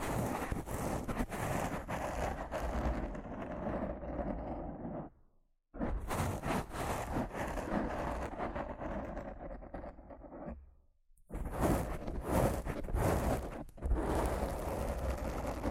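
Rough scratching and brushing on a microphone, a dense, rasping, textured noise with a steady low rumble underneath. The sound cuts out briefly near 5.5 and 11 seconds, then resumes; toward the end the strokes turn brighter and more clearly separated.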